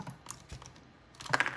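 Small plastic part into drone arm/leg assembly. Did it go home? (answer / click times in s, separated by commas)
yes / 1.3 s, 1.4 s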